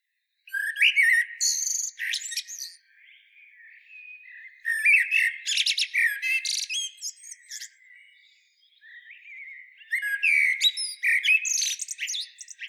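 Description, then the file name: Common blackbird song in three long phrases, mid-pitched warbling notes blended with strident high chirps and twitters, with quieter low warbling between them. "Turdus merula"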